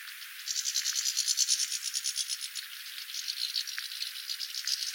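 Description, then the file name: European goldfinch twittering: a dense, continuous run of fast, high, buzzy notes. "Carduelis carduelis"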